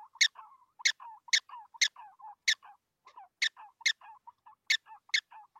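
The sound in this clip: Prairie dog chirps, loud and piercing, come at uneven intervals, with quieter lower notes filling the gaps.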